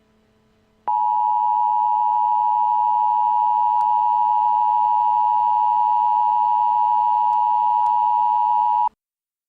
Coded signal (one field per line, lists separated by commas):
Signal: Emergency Alert System (SAME) tones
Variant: 853 and 960 Hz attention tone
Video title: Hacked Up EAS Mock